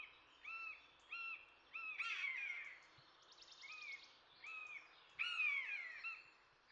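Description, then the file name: Common buzzard mewing twice, each a harsh falling cry, amid a steady series of short repeated arched notes and a high trill from other birds. "egereszolyv hangja"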